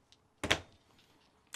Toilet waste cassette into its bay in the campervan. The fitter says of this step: Slide the whole unit back in nice and firmly should hear a clunk as it locks back in indicating it's safe